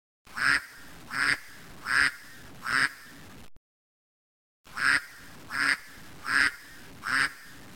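Duck quacking in a run of four harsh, nasal quacks about 0.8 seconds apart, a second of silence, then four more quacks in the same steady rhythm.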